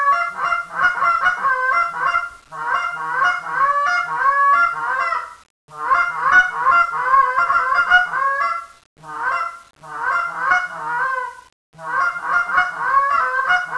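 Goose, dense bursts of harsh nasal honks separated by short silent gaps.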